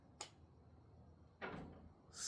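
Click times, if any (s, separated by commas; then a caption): 0.2 s. A plastic-lined cap is pressed onto the neck of a French Avenue Amber Empire perfume bottle and snaps on with a short, sharp click at 0.2 s. A longer, softer broadband rustle follows from about 1.4 s, and a high hiss rises at the end. The cap is seated, but its hold is sketchy and not secure enough to lift the bottle by the cap.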